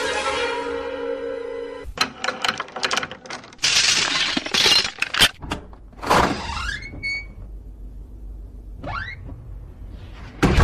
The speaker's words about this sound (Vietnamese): Ngoài cửa có tiếng chìa khóa cho vào ổ, rồi mở cửa.